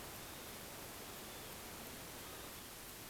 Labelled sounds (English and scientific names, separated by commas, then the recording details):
Northern Lapwing (Vanellus vanellus)
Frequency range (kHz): Northern Lapwing (Vanellus vanellus) 0.9-4.4 kHz
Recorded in France